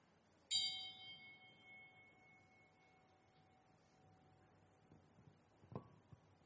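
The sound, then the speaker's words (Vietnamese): A single temple bell is struck once at Tường Vân monastery during a one-day retreat, to invite the Most Venerable Quang Lâm to the Dharma seat, ringing out with a bright metallic clang and a long, steady humming tone that slowly fades over several seconds, followed by a soft knock near the end. “Ban chung cổ, trỗi chuông trống bát nhã, cung thỉnh Hòa Thượng Giảng Sư Quang Lâm Pháp Tòa.”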